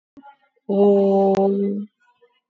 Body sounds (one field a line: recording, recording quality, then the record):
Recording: sustained vowel as in boot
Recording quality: excellent, no background noise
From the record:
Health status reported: exposed to COVID-19, no respiratory illness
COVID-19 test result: negative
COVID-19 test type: RT-PCR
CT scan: taken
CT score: 8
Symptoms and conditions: cough, cold, breathing difficulty, sore throat, fatigue, loss of smell and taste, diarrhoea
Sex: female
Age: 38 years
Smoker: no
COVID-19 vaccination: none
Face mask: worn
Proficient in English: yes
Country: India